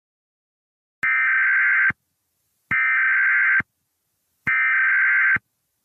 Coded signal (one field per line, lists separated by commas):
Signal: Emergency Alert System (SAME) tones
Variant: header bursts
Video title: EAS scenario: Chernobyl